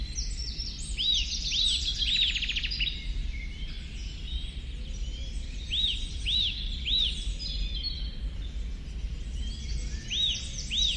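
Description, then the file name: Eurasian nuthatch calls: short bouts of a few arched, whistled notes separated by pauses, over low background rumble. "Sitta europaea"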